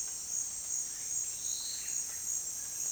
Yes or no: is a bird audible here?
no